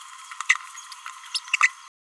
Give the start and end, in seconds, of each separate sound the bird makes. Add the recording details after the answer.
0.50-0.57. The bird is a male. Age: 29 days. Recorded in a nest box in Venezuela. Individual 17B31A1